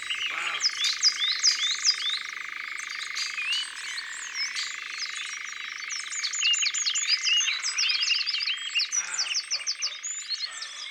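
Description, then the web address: Song thrush song, a dense run of quick high chirps, slurred whistles and trills with no pauses, over a steady high hum. "Grive musicienne. abc de la nature"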